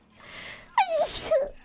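A soft, rising intake of breath is followed by a sudden loud, voiced burst whose pitch slides downward, then a brief second voiced sound. It is a single ordinary adult sneeze with a clear vocal 'ah-choo' quality, close up in a quiet room.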